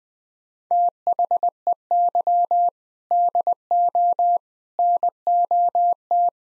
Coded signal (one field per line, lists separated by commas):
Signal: Morse code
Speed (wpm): 21 wpm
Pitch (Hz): 700 Hz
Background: none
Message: THEY DO NOT